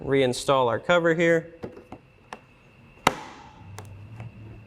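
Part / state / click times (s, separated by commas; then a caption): dust cover onto rear of headlight housing / seated / 3.1 s. A plastic dust cover is refitted onto the back of a 2014–2018 Sierra 1500 LED light strip projector headlight housing while someone talks, followed by a few quieter taps. One loud, sharp click at 3.0 s marks the cover locking into place.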